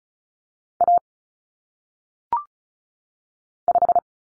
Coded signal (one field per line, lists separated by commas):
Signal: Morse code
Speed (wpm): 36 wpm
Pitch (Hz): 700 Hz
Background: none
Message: A 5